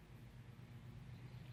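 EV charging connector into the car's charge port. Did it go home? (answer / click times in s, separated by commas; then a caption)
no / none. An EV charging connector is pushed into the charge port of a Mitsubishi Outlander PHEV. Only a steady low hum is heard, and nothing has clicked. The car does not make its usual click, so charging does not start.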